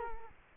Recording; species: mosquito wingbeat signal from an infrared sensor; Culex quinquefasciatus